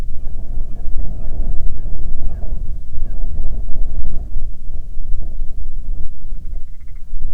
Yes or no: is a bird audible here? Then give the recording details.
yes. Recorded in the Arctic National Wildlife Refuge, Alaska, on 9 July 2019 at 22:28. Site 48